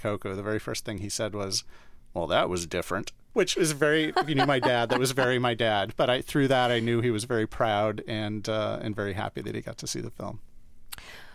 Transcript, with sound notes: The very first thing he said was, well, that was different...
(Laughter).
...Which was very - if you knew my dad, that was very my dad. But I - through that, I knew he was very proud and very happy that he got to see the film.